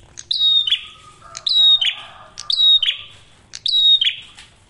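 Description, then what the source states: Prinia phrases: a high whistle dropping into a rasping buzz, repeated four times. Masteran tutor audio for training songbirds; prenjak merah singing actively with a clear voice.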